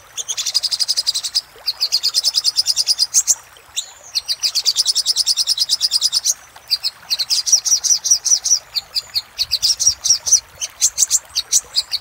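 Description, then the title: Little spiderhunter song, long fast high trills of evenly repeated chips, interrupted by short silences and a few separate sharp notes. Used for training cage birds. "Sogok Ontong Labaik"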